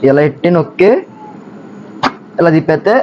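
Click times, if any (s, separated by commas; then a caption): none. A pressure cooker lid is pressed onto the cooker body and twisted, but it has not locked or seated yet within the clip. Someone talks through most of the clip, with a quieter stretch of low background noise in the middle and a brief sharp burst around 2.0 seconds.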